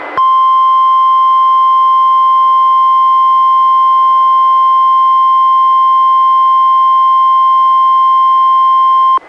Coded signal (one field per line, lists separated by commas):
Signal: Emergency Alert System (SAME) tones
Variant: 1050 Hz attention tone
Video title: EAS #420: NWR Required Weekly Test- Sep. 16, 2020- 11:00AM PDT